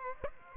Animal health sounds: mosquito wingbeat signal from an infrared sensor; Aedes aegypti

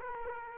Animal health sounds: mosquito wingbeat signal from an infrared sensor; Culex quinquefasciatus

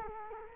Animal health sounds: mosquito wingbeat signal from an infrared sensor; Culex quinquefasciatus

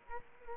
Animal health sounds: mosquito wingbeat signal from an infrared sensor; Culex quinquefasciatus

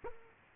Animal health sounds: mosquito wingbeat signal from an infrared sensor; Culex quinquefasciatus

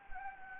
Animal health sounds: mosquito wingbeat signal from an infrared sensor; Anopheles gambiae

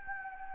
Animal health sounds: mosquito wingbeat signal from an infrared sensor; Anopheles gambiae

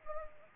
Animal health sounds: mosquito wingbeat signal from an infrared sensor; Culex pipiens

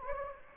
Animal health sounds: mosquito wingbeat signal from an infrared sensor; Anopheles gambiae

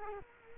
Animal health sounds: mosquito wingbeat signal from an infrared sensor; Culex quinquefasciatus

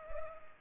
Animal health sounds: mosquito wingbeat signal from an infrared sensor; Culex pipiens

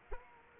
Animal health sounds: mosquito wingbeat signal from an infrared sensor; Culex quinquefasciatus

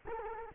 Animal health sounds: mosquito wingbeat signal from an infrared sensor; Culex quinquefasciatus

